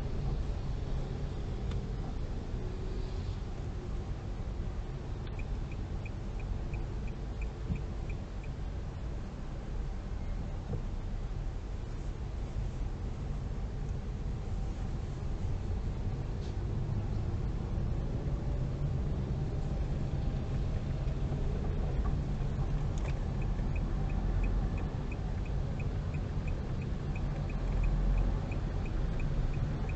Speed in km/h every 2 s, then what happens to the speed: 11, 10, 11, 12, 10, 11, 12, 15, 18, 22, 21, 23, 22, 24, 22.
0-11 steady at about 11. 11-18 speeds up to 22. 18-30 steady at about 22.